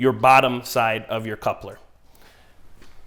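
A plastic poly bolt is pushed through the underside of a plastic dock coupler, sliding through easily while its spline is lined up before locking. Someone talks through the first half, followed by quiet handling sounds, with a faint sudden sound at 2.2 s. Nothing has seated or clicked yet.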